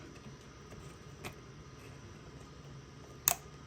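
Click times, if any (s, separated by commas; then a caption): 3.3 s. A plastic clip on the fuel tank line or mount of a 2002 Honda Accord, during a fuel tank replacement, is lined up with its hole and pushed over it against a low steady background hum, with a faint tap around 1.3 s. A sharp, bright click at 3.3 s marks the clip snapping into place, confirming it is seated.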